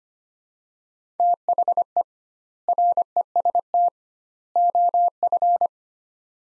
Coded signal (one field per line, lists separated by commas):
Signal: Morse code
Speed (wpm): 25 wpm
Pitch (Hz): 700 Hz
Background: none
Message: THE REST OF